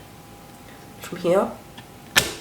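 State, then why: Seated. Someone talks as the bottom SO-DIMM memory module of a Mac mini is pushed down into its laptop-style RAM slot on the logic board until both retaining clips latch at the same time. A faint tick comes at about 1.8 seconds, then a sharp click at 2.2 seconds as the module seats.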